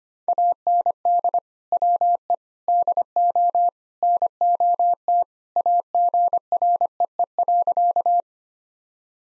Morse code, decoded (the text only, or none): AND WE DO NOT AGREE.